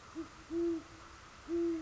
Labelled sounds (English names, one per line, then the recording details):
Great Horned Owl
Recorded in Sonoma County, California